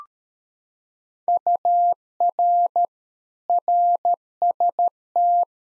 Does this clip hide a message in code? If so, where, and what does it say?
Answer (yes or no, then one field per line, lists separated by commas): yes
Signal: Morse code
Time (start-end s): 1.3-5.4 s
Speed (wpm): 13 wpm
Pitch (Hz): 700 Hz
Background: none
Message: UR RST